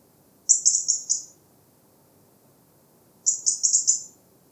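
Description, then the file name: European robin giving very high, thin call notes, two quick bursts of four and then five short notes, separated by a pause of roughly two seconds, over a faint low background hum. "Erithacus rubecula"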